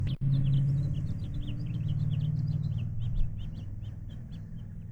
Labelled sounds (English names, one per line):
House Finch song